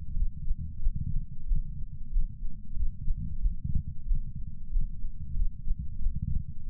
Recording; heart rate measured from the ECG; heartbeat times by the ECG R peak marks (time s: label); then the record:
heart sounds by patch sensor on the chest; 92 bpm
0.14 s: heartbeat
0.80 s: heartbeat
1.46 s: heartbeat
2.10 s: heartbeat
2.74 s: heartbeat
3.39 s: heartbeat
4.05 s: heartbeat
4.70 s: heartbeat
5.34 s: heartbeat
5.99 s: heartbeat
6.66 s: heartbeat
From the record:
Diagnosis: coronary artery disease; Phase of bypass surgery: postoperative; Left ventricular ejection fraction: 63.7%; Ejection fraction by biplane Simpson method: 59.4%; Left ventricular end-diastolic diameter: 49 mm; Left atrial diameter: 35 mm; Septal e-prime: 7.3 cm/s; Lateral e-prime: 9.8 cm/s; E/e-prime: 7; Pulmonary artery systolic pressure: 20 mmHg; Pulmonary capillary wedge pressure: 4 mmHg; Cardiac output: 5.4 L/min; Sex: male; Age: 69 years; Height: 174 cm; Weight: 79 kg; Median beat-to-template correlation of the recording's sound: 0.69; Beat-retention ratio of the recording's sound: 1.00